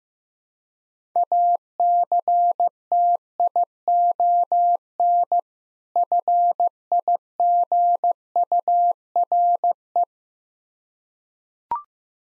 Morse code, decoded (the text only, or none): ACTION FIGURE